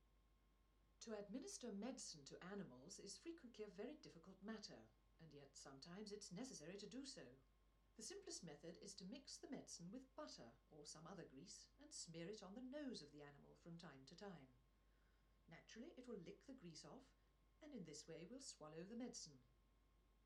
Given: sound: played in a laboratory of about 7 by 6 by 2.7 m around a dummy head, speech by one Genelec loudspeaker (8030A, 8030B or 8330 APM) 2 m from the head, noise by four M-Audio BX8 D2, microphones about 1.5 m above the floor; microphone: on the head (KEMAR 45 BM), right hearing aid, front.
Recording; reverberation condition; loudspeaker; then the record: female speech in English; low; 150 degrees to the right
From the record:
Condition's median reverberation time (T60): about 310 ms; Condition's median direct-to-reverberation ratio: about 3.5 dB